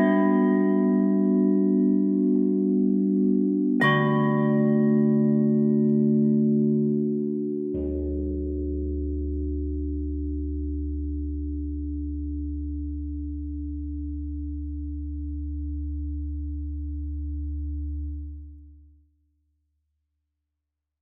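Tubular bells are struck with a mallet three times, at the start, near four seconds and near eight seconds, each strike lower than the last. The bright clang settles into long, humming tones that overlap, then the ringing stops abruptly near nineteen seconds.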